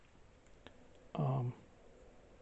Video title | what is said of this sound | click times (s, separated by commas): Transformers how to - in relax mode walkthrough , , , ,share | they don't there we go that clicked right in place nice now the wings are | 0.7 s